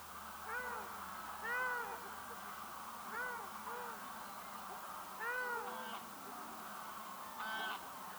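Ruddy shelduck calling with nasal honks, singly or in short bouts, repeated at intervals.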